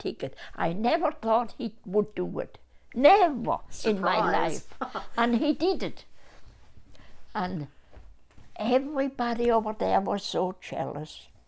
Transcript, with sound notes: I never thought he would do it. Never in my life.
Surprise. [Laughs]
And he did it. And everybody over there was so jealous.